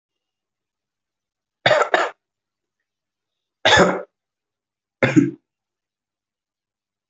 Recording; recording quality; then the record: shallow voluntary cough; excellent, no background noise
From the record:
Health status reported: healthy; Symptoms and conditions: none ticked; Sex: male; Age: 22 years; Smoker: not ticked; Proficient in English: no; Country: India